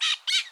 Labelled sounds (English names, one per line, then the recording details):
Brown-throated Parakeet contact call
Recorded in Curacao
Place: N of oil terminal (Bullenbaai)
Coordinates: 12.200, -69.020